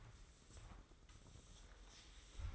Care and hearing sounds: daily activity, microphone in the room; sweep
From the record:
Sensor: 3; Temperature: 24.5 degrees Celsius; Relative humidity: 30.4%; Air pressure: 995.9 hPa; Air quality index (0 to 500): 94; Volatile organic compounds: 12 ppm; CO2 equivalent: 2355 ppm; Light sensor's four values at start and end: 25/76/32/28 and 27/78/34/29

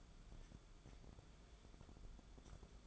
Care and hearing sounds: daily activity, microphone in the room; take from stove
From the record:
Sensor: 5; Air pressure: 1010.4 hPa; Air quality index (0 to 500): 111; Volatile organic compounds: 2 ppm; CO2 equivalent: 1089 ppm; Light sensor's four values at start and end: 547/1392/577/665 and 592/1496/623/729

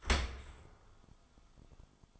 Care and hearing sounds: daily activity, microphone in the room; open dishwasher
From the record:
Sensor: 5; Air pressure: 1004.8 hPa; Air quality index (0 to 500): 93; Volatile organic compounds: 2 ppm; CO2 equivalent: 1123 ppm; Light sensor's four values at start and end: 32/73/30/29 and 32/74/30/30

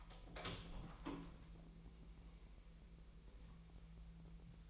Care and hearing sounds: daily activity, microphone in the room; open door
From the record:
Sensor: 1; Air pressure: 1001.3 hPa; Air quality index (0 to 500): 249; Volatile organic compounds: 139 ppm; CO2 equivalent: 3974 ppm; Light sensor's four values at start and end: 13/30/12/14 and 13/31/13/14

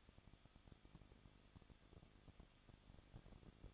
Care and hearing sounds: daily activity, microphone in the room; no activity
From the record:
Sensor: 4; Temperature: 23.0 degrees Celsius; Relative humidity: 34.2%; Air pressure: 1007.2 hPa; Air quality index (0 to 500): 217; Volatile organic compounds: 16 ppm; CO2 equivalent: 2522 ppm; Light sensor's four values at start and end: 2/3/1/1 and 2/3/1/1

